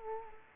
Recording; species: mosquito wingbeat signal from an infrared sensor; Culex quinquefasciatus